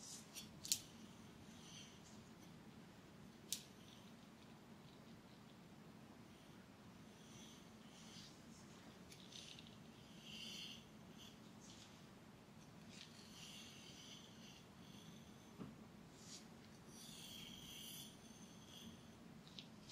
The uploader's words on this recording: TimASMR-Real Person Hair Play, Back Tracing, Scratching & Massage (NO TALKING).